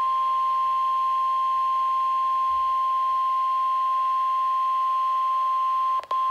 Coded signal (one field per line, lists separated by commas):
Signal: Emergency Alert System (SAME) tones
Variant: 1050 Hz attention tone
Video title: Severe Thunderstorm Watch #239 [EAS #5]